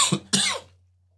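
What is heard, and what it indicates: Two quick, sharp coughs in a row from an adult man, the second slightly longer, then silence with a faint low hum. These are plain dry coughs during speech, from a voice that is a little hoarse at the time.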